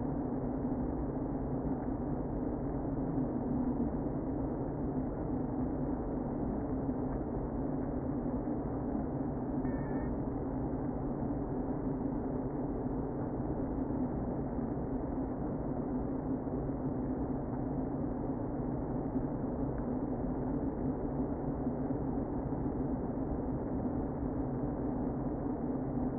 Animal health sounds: honeybee colony, microphone inside the hive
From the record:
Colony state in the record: queen present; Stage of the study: before two queens were removed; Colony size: about 60,000 bees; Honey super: yes

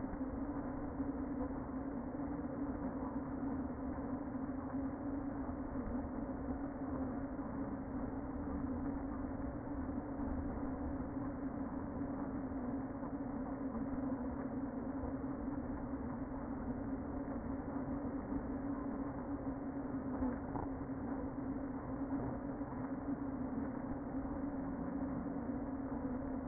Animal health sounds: honeybee colony, microphone inside the hive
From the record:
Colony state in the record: queen present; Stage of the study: before two queens were removed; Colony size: about 60,000 bees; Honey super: yes

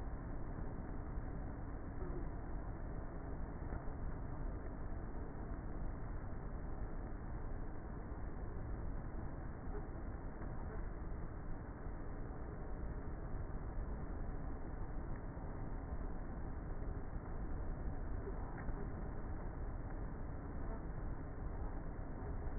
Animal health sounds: honeybee colony, microphone inside the hive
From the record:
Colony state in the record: queenless with a low population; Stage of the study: before two queens were removed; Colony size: about 30,000 bees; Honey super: no

